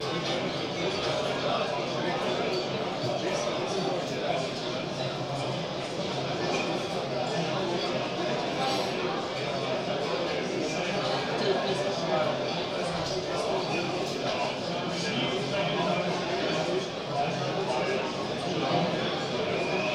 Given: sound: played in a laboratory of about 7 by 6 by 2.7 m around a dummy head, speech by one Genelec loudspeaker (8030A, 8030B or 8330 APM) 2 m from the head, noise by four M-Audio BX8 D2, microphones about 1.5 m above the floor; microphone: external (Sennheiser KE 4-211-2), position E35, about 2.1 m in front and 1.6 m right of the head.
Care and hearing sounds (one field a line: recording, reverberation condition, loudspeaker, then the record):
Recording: cafeteria noise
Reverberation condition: medium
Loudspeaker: four, about 170 cm from the corners of the room and facing them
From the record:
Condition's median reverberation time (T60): about 510 ms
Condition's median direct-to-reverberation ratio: about -0.5 dB